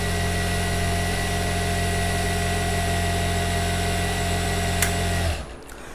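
An Usha S2E1 industrial sewing machine's bobbin winder runs with the motor, winding thread onto a metal bobbin with a steady hum and whine. At 4.8 s the latch snaps back automatically with a sharp click once the bobbin is full, and the motor sound drops away just after. The winder has switched itself off and no longer stays locked, so it will not wind more thread.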